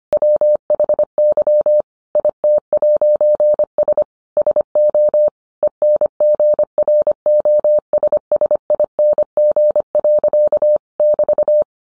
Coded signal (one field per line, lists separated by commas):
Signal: Morse code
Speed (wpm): 25 wpm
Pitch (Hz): 600 Hz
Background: none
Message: WHY IT'S SO ENGROSSING.<BT>